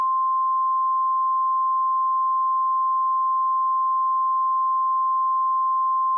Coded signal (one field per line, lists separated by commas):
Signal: Emergency Alert System (SAME) tones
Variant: 1050 Hz attention tone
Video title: Tornado Warning EAS & RetroCast Local on the 8’s: Monticello, MS | 5/6/2026